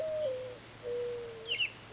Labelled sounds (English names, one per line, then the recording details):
Mourning Dove
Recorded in Sonoma County, California